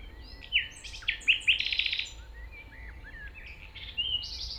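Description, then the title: Common nightingale singing loud buzzy and whistled notes in a fast cluster, then softer curving notes and a final buzz; steady low noise underneath. 195 Rue de Vars, Chindrieux, France; recordist approaching on foot through tall grass; nightingale is deaf to outside noise while singing. "195 Rue de Vars, 73310 Chindrieux, France - approche d'un rossignol"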